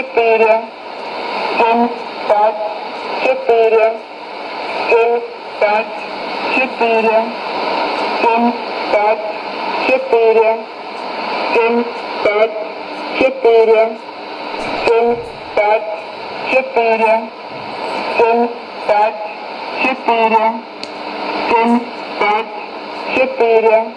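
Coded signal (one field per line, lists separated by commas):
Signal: numbers station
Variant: S06s, Russian female voice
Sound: female voice reading short numbers in steady rhythm, repeating groups, over radio hiss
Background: radio static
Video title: 24 01 2017 Numbers station S06s Russian Lady in Russian to Eu 1110 on 5975 unknown tx site in CUSB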